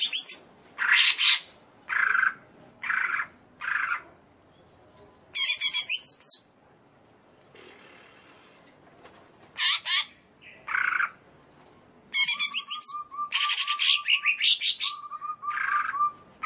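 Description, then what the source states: Leafbird singing a varied series of sharp chirps, trills and rattling notes, with a quiet pause in the middle before lively phrases resume. Indonesian name cucak ijo; described as gacor, singing vigorously.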